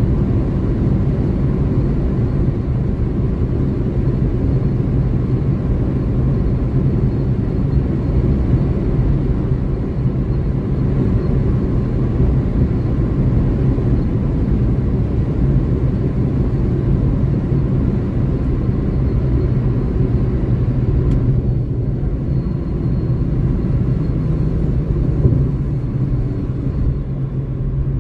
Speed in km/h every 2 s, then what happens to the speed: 157, 157, 156, 156, 157, 157, 156, 156, 154, 144, 133, 125, 115, 107.
0-16 steady at about 156. 16-28 brakes to 107.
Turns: none.